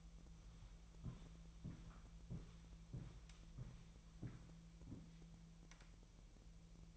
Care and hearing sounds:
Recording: daily activity, microphone in the room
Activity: walk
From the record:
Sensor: 1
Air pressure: 1002.1 hPa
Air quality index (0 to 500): 236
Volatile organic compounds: 91 ppm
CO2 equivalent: 3690 ppm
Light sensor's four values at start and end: 8/18/7/8 and 8/19/8/9

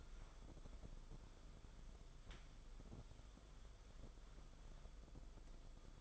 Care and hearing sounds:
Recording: daily activity, microphone in the room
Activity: wipe stove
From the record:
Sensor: 5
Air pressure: 994.6 hPa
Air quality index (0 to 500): 183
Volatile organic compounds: 1000 ppm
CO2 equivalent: 5354 ppm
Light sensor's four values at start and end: 40/119/47/51 and 40/122/48/52

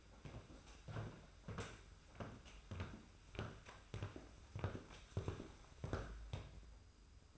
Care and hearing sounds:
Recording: daily activity, microphone in the room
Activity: walk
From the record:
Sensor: 2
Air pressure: 991.5 hPa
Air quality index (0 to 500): 188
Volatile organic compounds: 1000 ppm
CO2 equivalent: 6126 ppm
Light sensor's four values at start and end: 29/89/35/33 and 21/67/26/26

